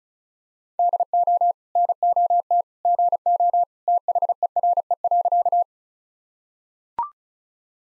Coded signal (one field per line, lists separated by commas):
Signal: Morse code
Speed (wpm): 36 wpm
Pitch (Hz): 700 Hz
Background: none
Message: DO NOT GO THERE.